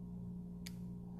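A crimped purple wire terminal pin, the second of two, is pushed into a plastic tail light connector housing on an adapter harness for converting a MK7 to MK7.5 facelift dynamic LED tail light. Over a steady low hum, a short, sharp click sounds at 0.7 s, the same as the first terminal. The terminal is seated in the connector.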